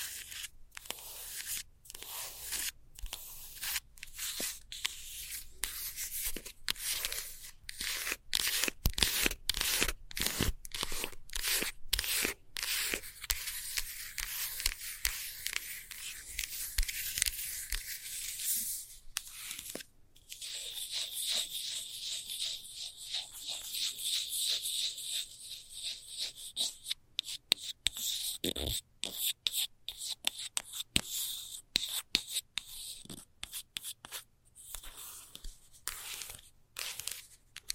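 Fast scratching, heard as a dense run of short rasping strokes in quick, fairly regular succession, with bright hissy tops. Around the twentieth second the texture shifts to a finer, higher grating that continues to the end, broken by sharper clicks.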